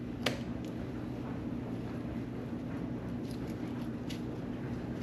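During a snowmobile tuning job, the second of two adjustable parts is being turned back by hand toward its housing, where it should lock into place. A sharp tick near 0.3 s and a softer one near 4.1 s sit over a steady low hum, with no talking. The part has not seated or clicked into place yet.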